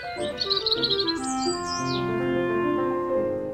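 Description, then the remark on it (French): Birds chirp in the sunshine by a hedge in a quick, high twittering run, followed by a bright, sweeping whistle that glides downward, all layered over a steady, sustained musical drone. “Cependant, l'azur rit sur la haie et l'éveil de tant d'oiseaux en fleurs gazouillant au soleil.”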